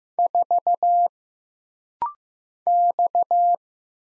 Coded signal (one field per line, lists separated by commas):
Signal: Morse code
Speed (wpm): 15 wpm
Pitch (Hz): 700 Hz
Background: none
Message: 4 X